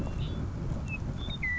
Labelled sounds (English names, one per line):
Western Meadowlark